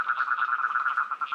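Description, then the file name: Ornate toad call, a fast run of regular mid-pitched pulses, roughly nine each second, giving a buzzy trill, with slightly blurred pulses. "Rhinella ornata"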